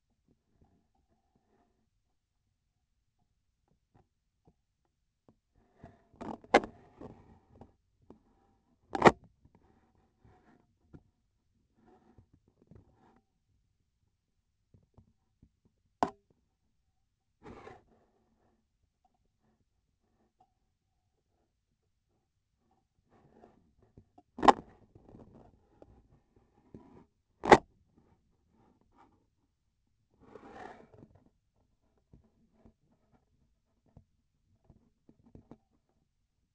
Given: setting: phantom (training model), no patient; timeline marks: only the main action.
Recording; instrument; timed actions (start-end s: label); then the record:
laparoscopic instrument, vibration sensor on the handle end; scissors
8.89-9.21 s: cutting PTFE tape
27.38-27.65 s: cutting PTFE tape
From the record:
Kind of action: gesture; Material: PTFE tape